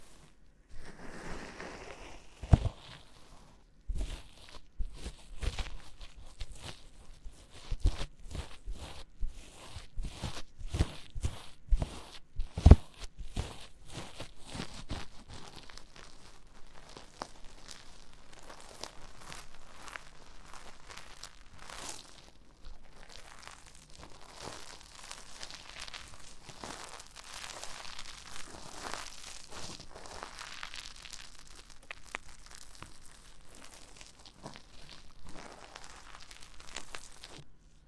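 Gloves rub and crinkle, with no talking. The first fifteen seconds are full of quick, sharp crackles and snaps at an uneven pace; after that the sound settles into a softer, steady brushing with a bright hiss.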